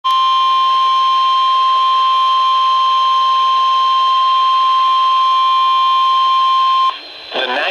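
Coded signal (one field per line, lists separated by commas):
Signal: Emergency Alert System (SAME) tones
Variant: 1050 Hz attention tone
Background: speech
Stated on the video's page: Severe Thunderstorm Warning on NOAA Weather Radio station WXJ87 Madison, Wisconsin.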